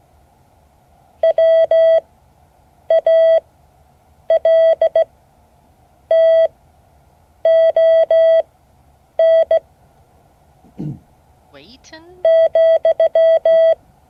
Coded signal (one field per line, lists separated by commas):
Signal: Morse code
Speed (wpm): 16 wpm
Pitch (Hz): 650 Hz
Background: speech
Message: WALTON ,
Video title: Morse code class 2024-08-15 (12 of 12)